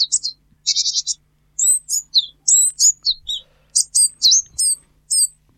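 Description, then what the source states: Japanese Tit song: high, thin, scratchy notes, a rapid buzzy trill near the start, then a strident series of sharp, squeaky phrases. Played example; strident song likened to someone cleaning windows or a poorly oiled bicycle chain; the bird uses these sounds to distinguish itself.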